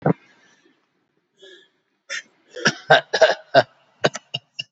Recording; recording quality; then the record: shallow voluntary cough; excellent, no background noise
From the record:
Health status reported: COVID-19 positive, mild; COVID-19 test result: positive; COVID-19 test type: RT-PCR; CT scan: taken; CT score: 5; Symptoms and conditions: cough, cold, muscle pain, ischaemic heart disease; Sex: male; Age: 76 years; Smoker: no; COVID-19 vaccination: both doses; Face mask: not worn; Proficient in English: yes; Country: India